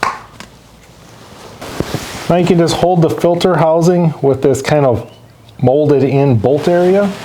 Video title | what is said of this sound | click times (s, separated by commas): Step by Step Oil Change Colorado / Canyon 3.6L V6 | and just push until you hear it snap into place. | 0.0 s